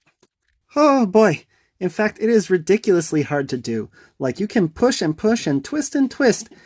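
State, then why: Not seated. Someone talks while pushing and twisting an alternate plastic head onto the neck ball joint of a NECA IT (Pennywise) 1990 action figure, with only a few faint, brief ticks near the start. The head goes on but has not clicked or seated; it stays loose because the ball joint is slightly too big for it.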